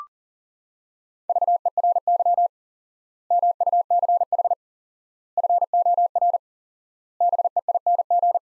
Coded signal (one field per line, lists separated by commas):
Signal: Morse code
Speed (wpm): 40 wpm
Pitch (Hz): 700 Hz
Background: none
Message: VERY MUCH FOR BEING